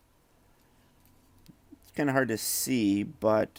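A plastic post is squeezed into a tab on the back of the head and neck of a Transformers Studio Series 71 Deluxe Class Autobot Dino figure to lock everything in place. After a faint tick, a sharp snap comes at 1.5 s, and then someone talks. The post and tab snap together and are seated.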